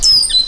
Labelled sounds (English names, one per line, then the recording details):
Stitchbird song
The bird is a male
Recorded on Tiritiri Matangi Island, New Zealand, in 2005
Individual 3, of nest box 3